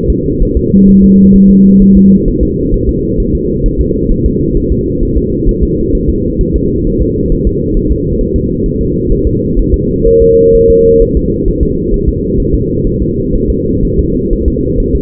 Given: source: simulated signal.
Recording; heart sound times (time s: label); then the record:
fetal heart sounds
0.10 s: S2
0.43 s: S1
0.57 s: S2
0.89 s: S1
1.04 s: S2
1.36 s: S1
1.51 s: S2
1.82 s: S1
1.97 s: S2
2.28 s: S1
2.43 s: S2
2.74 s: S1
2.89 s: S2
3.20 s: S1
3.35 s: S2
3.66 s: S1
3.81 s: S2
4.12 s: S1
4.26 s: S2
4.57 s: S1
4.72 s: S2
5.03 s: S1
5.17 s: S2
5.49 s: S1
5.63 s: S2
5.95 s: S1
6.10 s: S2
6.41 s: S1
6.56 s: S2
6.87 s: S1
7.02 s: S2
7.32 s: S1
7.47 s: S2
7.77 s: S1
7.91 s: S2
8.21 s: S1
8.36 s: S2
8.66 s: S1
8.81 s: S2
9.12 s: S1
9.27 s: S2
9.59 s: S1
9.74 s: S2
10.07 s: S1
10.22 s: S2
10.55 s: S1
10.70 s: S2
11.02 s: S1
11.17 s: S2
11.48 s: S1
11.63 s: S2
11.94 s: S1
12.09 s: S2
12.40 s: S1
12.55 s: S2
12.87 s: S1
13.02 s: S2
13.36 s: S1
13.50 s: S2
13.85 s: S1
13.99 s: S2
14.33 s: S1
14.48 s: S2
14.80 s: S1
14.95 s: S2
From the record:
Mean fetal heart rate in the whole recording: 130 bpm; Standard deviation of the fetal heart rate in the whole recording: 4 bpm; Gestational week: 38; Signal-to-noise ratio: -14.7 dB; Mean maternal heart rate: 72 bpm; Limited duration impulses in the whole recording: present